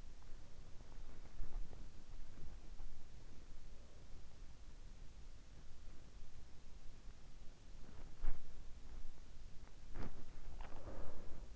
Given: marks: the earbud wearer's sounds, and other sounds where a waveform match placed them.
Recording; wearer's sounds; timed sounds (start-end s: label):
sounds in sleep by an in-ear microphone; body movement, breath
0.00-5.02 s: body movement
7.18-11.56 s: body movement
10.46-11.56 s: breath